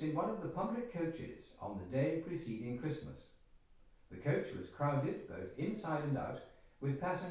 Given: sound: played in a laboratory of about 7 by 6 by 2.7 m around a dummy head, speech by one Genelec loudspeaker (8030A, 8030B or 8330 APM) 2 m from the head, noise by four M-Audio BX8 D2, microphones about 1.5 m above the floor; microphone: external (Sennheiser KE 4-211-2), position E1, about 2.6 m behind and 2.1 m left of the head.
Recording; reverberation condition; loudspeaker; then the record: male speech in English; medium; 90 degrees to the left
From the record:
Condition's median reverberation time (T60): about 510 ms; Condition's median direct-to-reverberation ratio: about -0.5 dB